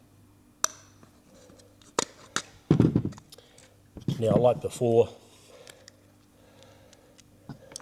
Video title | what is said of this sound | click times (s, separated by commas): Maintaining Your Fatty Pump | Pull it until you hear the pop. | 0.6 s